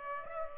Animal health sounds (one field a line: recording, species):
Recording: mosquito wingbeat signal from an infrared sensor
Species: Aedes aegypti